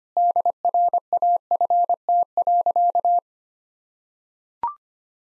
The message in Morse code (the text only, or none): DRAFT.